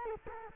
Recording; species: mosquito wingbeat signal from an infrared sensor; Culex quinquefasciatus